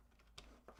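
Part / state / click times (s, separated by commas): power cable connector into PC component socket (likely graphics card or motherboard) / seated / 0.4 s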